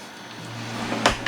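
A Harbor Freight metal workbench drawer is pushed back into the cabinet along its ball-bearing slide rails, with a rising rolling, sliding rumble over a steady low hum as resistance builds near the end of travel. A sharp hit at 1.1 s marks the rail levers engaging and the drawer seating on its rails, followed by a brief softer knock just after.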